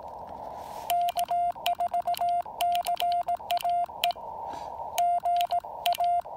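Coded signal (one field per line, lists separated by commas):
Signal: Morse code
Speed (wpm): 18 wpm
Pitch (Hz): 700 Hz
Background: none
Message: K4CAE GA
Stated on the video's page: POTA park activation using an FT-817ND with an EFT Trail-Friendly antenna.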